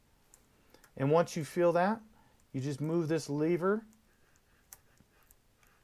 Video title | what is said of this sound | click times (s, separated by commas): Replacing your Peopoly Phenom NOIR LCD Screen | and just kind of push it in there and you'll feel it click in this into place | 0.3 s